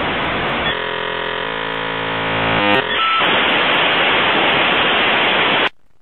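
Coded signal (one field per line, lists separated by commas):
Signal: dial-up modem handshake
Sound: buzzing steady tones, a few quick chirps, then loud even hiss until it cuts off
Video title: Dial Up Internet Sound - Old School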